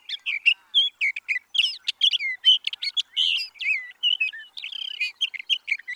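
Sage thrasher singing a continuous rambling stream of quick warbles, slurred whistles and buzzy notes, varied phrases tumbling one after another without a break.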